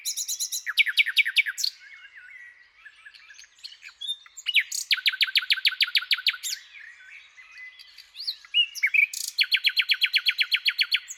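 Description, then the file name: Nightingale singing chirped phrases and soft, rambling notes, twice breaking into long, rapid series of loud, evenly repeated notes. "Luscinia megarhynchos"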